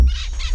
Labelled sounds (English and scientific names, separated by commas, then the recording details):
Brown-throated Parakeet (Eupsittula pertinax) contact call
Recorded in Venezuela
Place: Tumeremo, Edo. Bolívar
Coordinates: 7.209, -61.364